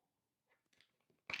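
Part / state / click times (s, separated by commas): plastic case off smartphone / released / 1.3 s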